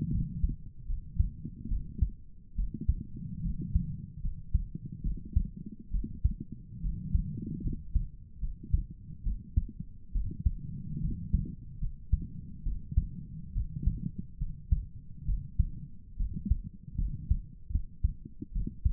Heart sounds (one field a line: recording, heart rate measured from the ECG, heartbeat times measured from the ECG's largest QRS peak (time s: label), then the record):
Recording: heart sounds by stethoscope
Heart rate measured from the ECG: 72 bpm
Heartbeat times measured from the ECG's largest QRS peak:
0.12 s: heartbeat
0.87 s: heartbeat
1.69 s: heartbeat
2.56 s: heartbeat
3.43 s: heartbeat
4.23 s: heartbeat
5.04 s: heartbeat
5.92 s: heartbeat
6.82 s: heartbeat
7.63 s: heartbeat
8.41 s: heartbeat
9.24 s: heartbeat
10.13 s: heartbeat
11.02 s: heartbeat
11.80 s: heartbeat
12.64 s: heartbeat
13.54 s: heartbeat
14.39 s: heartbeat
15.26 s: heartbeat
16.18 s: heartbeat
16.98 s: heartbeat
17.72 s: heartbeat
18.53 s: heartbeat
From the record:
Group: healthy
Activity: rest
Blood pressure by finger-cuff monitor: 108/56 mmHg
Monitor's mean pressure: 76 mmHg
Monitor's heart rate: 72 bpm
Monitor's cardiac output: 7.4 L/min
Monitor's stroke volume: 105 mL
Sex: female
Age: 22 years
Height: 160 cm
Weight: 63 kg